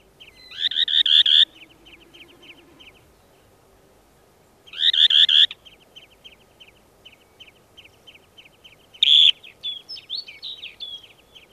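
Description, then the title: Dunlin giving harsh, buzzy bursts that run into a steady, fast trill, repeating every four seconds or so. "Viikon luontoääni: Suosirri"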